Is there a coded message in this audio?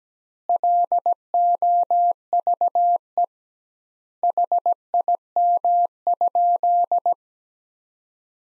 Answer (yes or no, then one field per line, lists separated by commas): yes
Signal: Morse code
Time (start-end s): 0.5-7.1 s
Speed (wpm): 17 wpm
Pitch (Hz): 700 Hz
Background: none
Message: LOVE HIM?